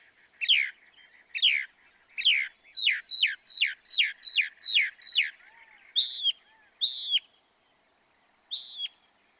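Northern mockingbird song: repeated downslurred notes, then a quick series of similar notes, ending with a few separate higher twangy phrases.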